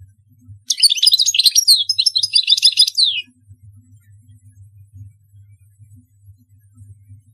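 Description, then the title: European goldfinch gives a brisk burst of tinkling, scratchy twitters lasting a few seconds, followed by only a faint low hum. "Chant Chardonneret"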